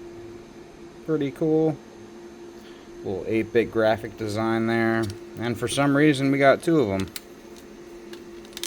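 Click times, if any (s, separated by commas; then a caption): 8.6 s. A plastic case half is pressed into its matching half for a dev board; the case is printed with an 8-bit pixel-art design. Someone talks over a steady background hum, then two sharp clicks at 8.6 s and 8.6 s mark the halves snapping into place.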